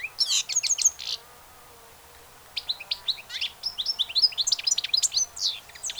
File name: Carduelis carduelis